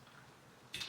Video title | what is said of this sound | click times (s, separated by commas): How to Replace Windshield Wipers on a Subaru Crosstrek | You'll hear a snap. | 0.7 s